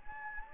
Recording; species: mosquito wingbeat signal from an infrared sensor; Anopheles gambiae